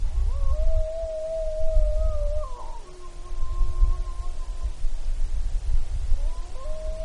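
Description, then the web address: Wolf howls: a long steady tone that drops and breaks, joined by a second higher howl overlapping, then another howl rising near the end, over a constant low rumble. Recorded in Alaska on 29 April 2015 at 22:54. "alaska MAMMALS 20150429 225402 Wolves"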